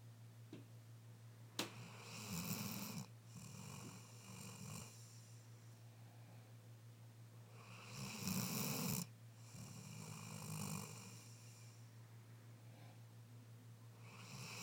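A tired puppy is snoring at bedtime in a quiet room: about three rough, rattling snores in roughly fifteen seconds, uneven in spacing, over a steady low hum. This is ordinary sleep snoring.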